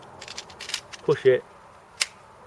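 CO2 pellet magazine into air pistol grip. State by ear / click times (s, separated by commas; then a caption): seated / 2.0 s. A CO2 pellet magazine is pushed up into the grip of a Sig Sauer M17 air pistol, with light handling clicks at the start and someone talking briefly. A sharp click at 2.0 s marks the magazine locking into place, seated and ready to go.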